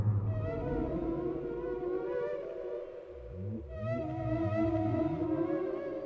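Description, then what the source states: Whale song of drawn-out harmonic moans, joined partway by a string of short low rising whoops repeated in quick succession. Whale sounds without music, for sleep.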